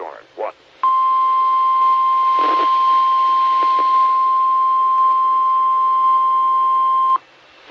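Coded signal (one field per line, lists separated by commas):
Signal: Emergency Alert System (SAME) tones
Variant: 1050 Hz attention tone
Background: speech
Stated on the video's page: Heard on a SKYWARN amateur repeater system on 147.1200 and 146.8050 MHz.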